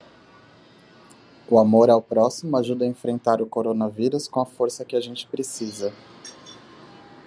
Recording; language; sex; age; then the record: spoken sentence; Brazilian Portuguese; male; 30 to 39 years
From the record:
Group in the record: control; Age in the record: 31 years